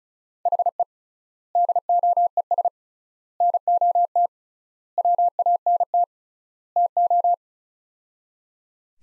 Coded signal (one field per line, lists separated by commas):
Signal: Morse code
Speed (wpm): 36 wpm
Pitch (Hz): 700 Hz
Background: none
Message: HE DOES NOT WANT TO